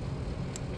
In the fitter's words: make sure that it clicks into place